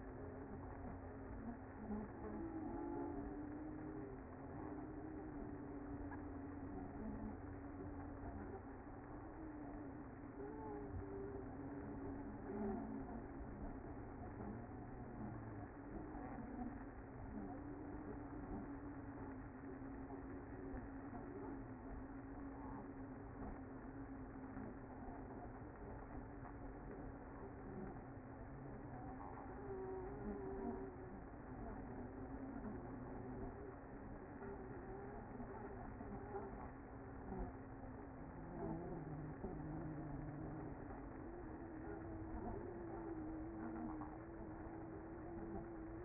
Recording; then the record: honeybee colony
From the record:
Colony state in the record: active